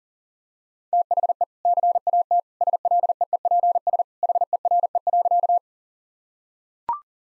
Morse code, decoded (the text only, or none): THE CAT SLEEPS HERE.